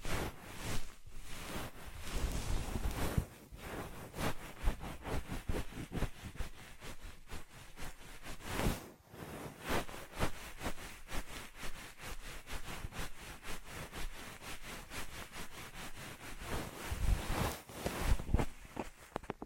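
Ear massage sounds made of dense, rapid rubbing and crackling, a steady stream of tiny scratchy taps filling the whole clip. The texture is bright and crisp, with a few stronger bursts near 1 second, 9 seconds and 17 to 18 seconds, and brief softer dips in between.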